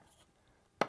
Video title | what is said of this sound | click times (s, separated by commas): Alliance Armoury - Frontline Factory | you can hear the pieces pop into place there | 0.8 s